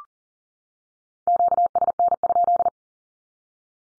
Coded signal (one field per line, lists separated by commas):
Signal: Morse code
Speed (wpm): 40 wpm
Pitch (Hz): 700 Hz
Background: none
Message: QSN?